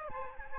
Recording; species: mosquito wingbeat signal from an infrared sensor; Aedes aegypti